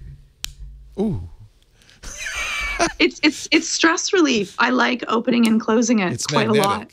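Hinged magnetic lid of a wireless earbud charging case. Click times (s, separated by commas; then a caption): 0.4 s. The hinged magnetic plastic lid of a wireless earbud charging case, held up to a microphone, snaps shut with a sharp click at 0.4 s. Someone then reacts and talks for the rest of the clip.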